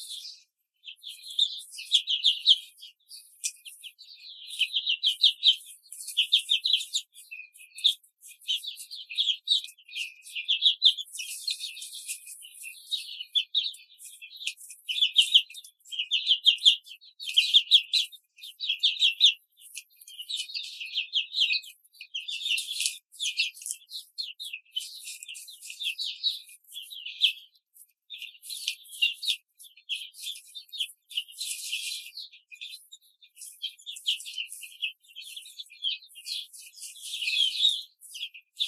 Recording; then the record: young laying hens in a cage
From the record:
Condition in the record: control cage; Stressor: none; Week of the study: 5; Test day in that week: 1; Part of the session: 3